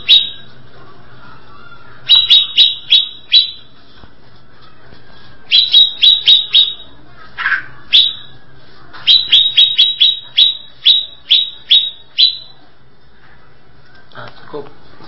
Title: Cucak ijo